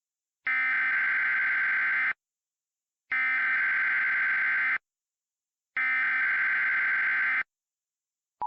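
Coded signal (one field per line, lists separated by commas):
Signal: Emergency Alert System (SAME) tones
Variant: header bursts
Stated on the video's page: Fictional Lake Michigan tsunami scenario using valid EAS tones.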